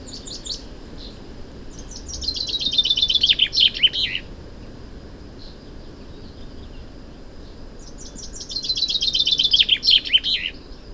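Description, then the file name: Common chaffinch gives a brief chirp, then sings two bright strophes about six seconds apart, each a descending series of notes ending in a flourish. "Fringilla coelebs"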